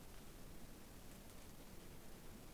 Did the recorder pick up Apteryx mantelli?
no